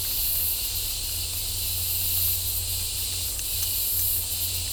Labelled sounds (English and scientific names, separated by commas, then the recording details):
none
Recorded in dense forest near Puerto Asís, Putumayo, Colombia, on 15 December 2024 at 12:00
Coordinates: 0.503, -76.323
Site G043